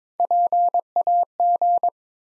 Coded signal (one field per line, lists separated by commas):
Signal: Morse code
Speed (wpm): 22 wpm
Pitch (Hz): 700 Hz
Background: none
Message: PAG